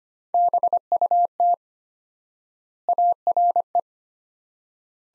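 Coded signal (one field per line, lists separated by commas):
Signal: Morse code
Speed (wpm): 25 wpm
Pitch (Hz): 700 Hz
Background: none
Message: BUT ARE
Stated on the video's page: Practice sentences from top 300 words at 25 wpm with 4x standard word spacing, a word-level Farnsworth-like method.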